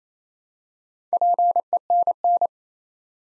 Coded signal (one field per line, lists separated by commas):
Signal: Morse code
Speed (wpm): 28 wpm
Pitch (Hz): 700 Hz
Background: none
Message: PENN